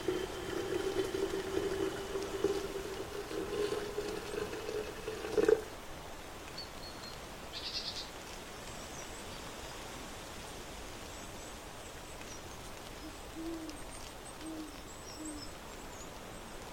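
On a porch in autumn, a steady mid-pitched hum drones for the first five seconds and cuts off with a sharp knock. Afterward a soft, even hiss remains, broken by a brief high chirp near eight seconds and a few faint low blips later.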